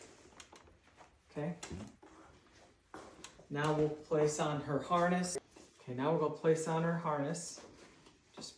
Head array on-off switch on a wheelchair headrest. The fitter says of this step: head array on-off switch around till it clicks.